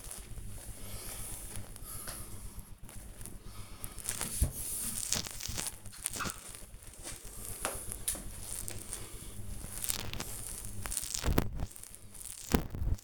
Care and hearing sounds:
household activities, microphone on the right wrist
0.00-13.04 s: cleaning the cupboard

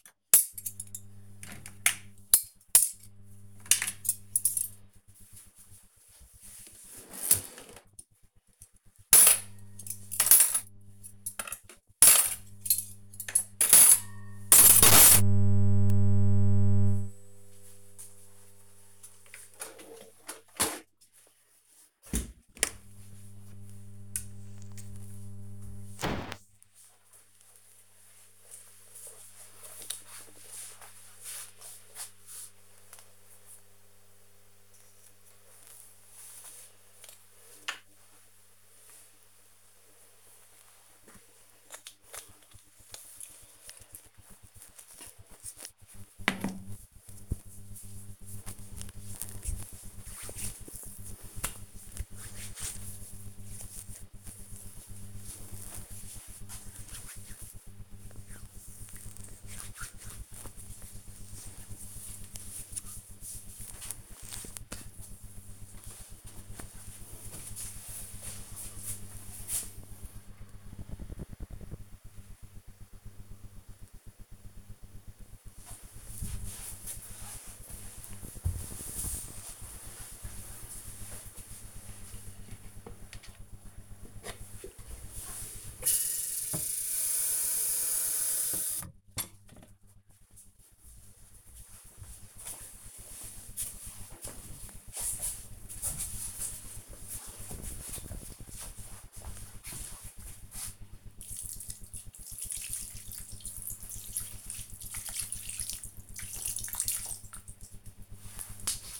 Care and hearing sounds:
household activities, microphone on the right wrist
0.00-21.52 s: cleaning out the dishwasher
34.62-64.72 s: cream hands
83.82-107.97 s: watering plant

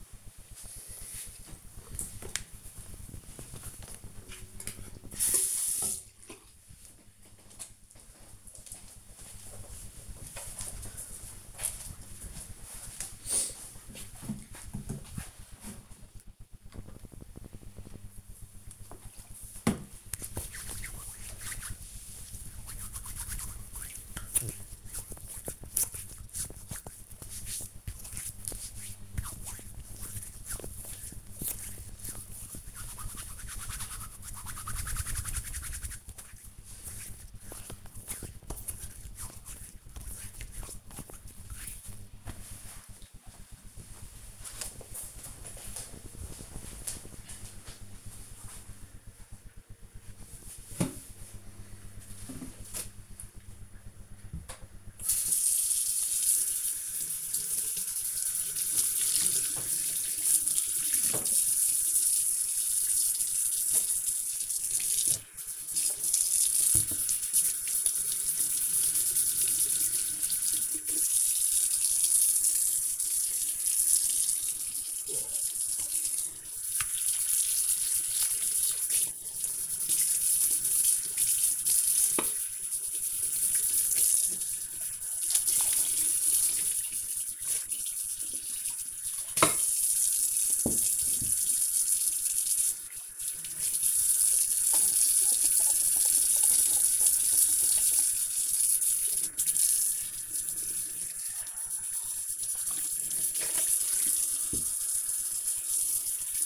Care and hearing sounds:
household activities, microphone on the right wrist
16.65-40.81 s: disinfecting hands
53.89-106.46 s: washing dishes

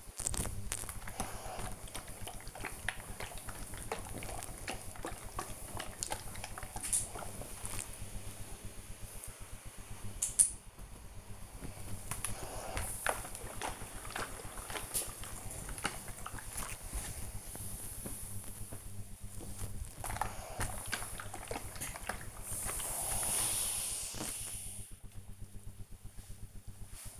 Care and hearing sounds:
household activities, microphone on the right wrist
0.00-26.70 s: ironing laundry

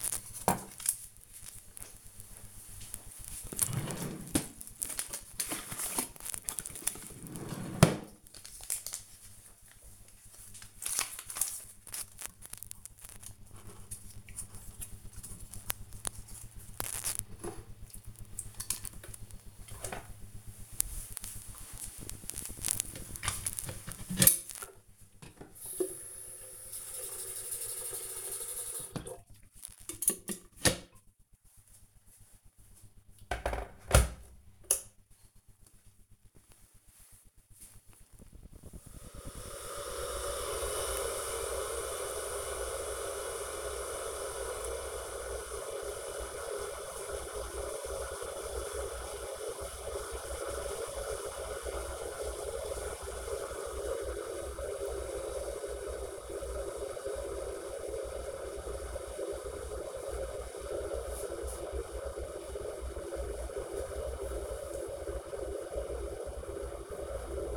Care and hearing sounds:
household activities, microphone on the right wrist
0.00-67.57 s: making tea
19.71 s: note: taking cup + tea first

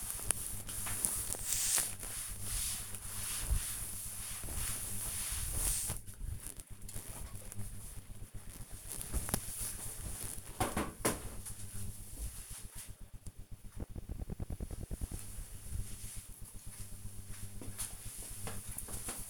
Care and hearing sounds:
household activities, microphone on the right wrist
0.00-6.44 s: cleaning table

